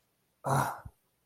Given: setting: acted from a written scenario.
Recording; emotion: vocal sound without words; fear